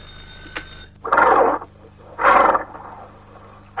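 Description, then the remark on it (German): The authorities' bell rings a long ring with a steady, pitched tone, then stops. Three loud, rough, noisy bursts follow about a second apart. No one speaks. “Das ist das Läuten der Behörden. Ich erkenne es. Ein langes Läuten, ja.”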